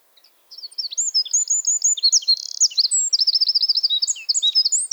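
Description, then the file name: Eurasian wren song: a loud, rapid stream of high-pitched trills, buzzy rattles and sharp twittering notes running almost nonstop after a brief quiet start. "Troglodytes troglodytes"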